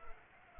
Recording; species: mosquito wingbeat signal from an infrared sensor; Culex pipiens